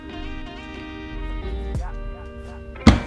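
An efoil battery is set into the board deck of a Waydoo Flyer One efoil and pushed down until the tab on each side snaps into place. Music plays throughout, and a sharp snap at 2.9 s marks the battery seating securely.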